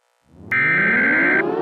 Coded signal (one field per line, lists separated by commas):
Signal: Emergency Alert System (SAME) tones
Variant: header bursts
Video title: Eas Scenario: Unknown Entity Spotted Near New Jersey